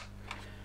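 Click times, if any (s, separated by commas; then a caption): 0.3 s. A plastic landing gear part is pressed into its locating socket in the gear bay of a Zvezda 1/48 scale SU-57 model aircraft kit. A single short, sharp click is heard at 0.3 s over a steady low hum. The part seats and clicks into place.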